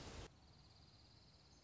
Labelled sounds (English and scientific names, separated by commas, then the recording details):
Dark-eyed Junco (Junco hyemalis)
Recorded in Sonoma County, California